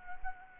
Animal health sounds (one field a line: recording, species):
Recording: mosquito wingbeat signal from an infrared sensor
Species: Anopheles gambiae